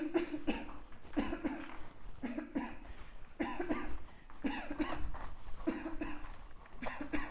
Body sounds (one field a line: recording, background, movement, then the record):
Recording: voluntary coughing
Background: quiet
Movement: walking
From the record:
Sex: female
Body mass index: 36.4 kg/m2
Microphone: on the chest, facing outward